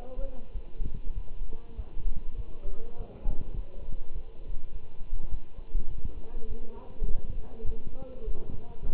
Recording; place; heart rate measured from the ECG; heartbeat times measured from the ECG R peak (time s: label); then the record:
heart sounds by stethoscope; between the tricuspid and mitral areas; 101 bpm
0.54 s: heartbeat
1.15 s: heartbeat
1.76 s: heartbeat
2.37 s: heartbeat
2.97 s: heartbeat
3.56 s: heartbeat
4.14 s: heartbeat
4.73 s: heartbeat
5.31 s: heartbeat
5.90 s: heartbeat
6.48 s: heartbeat
7.08 s: heartbeat
7.66 s: heartbeat
8.24 s: heartbeat
8.83 s: heartbeat
From the record:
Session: walking at 3.7 km/h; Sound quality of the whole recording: good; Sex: male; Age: 24 years